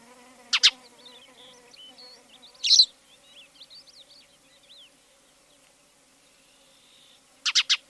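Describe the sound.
Spanish sparrow calls: a few scattered harsh chirps, in a pair, singly and in a quick triple, with soft whistled twitters in between.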